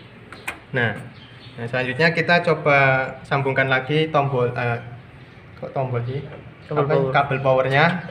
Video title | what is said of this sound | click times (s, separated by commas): Cara upgrade ram 2 GB ke 4 GB pada pc | ini sampai berbunyi klik nah seperti ini nah | 0.3 s, 0.5 s